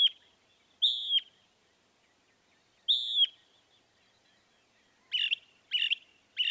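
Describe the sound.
Northern mockingbird song: loud whistled notes with pauses, then three quicker sharp notes in succession.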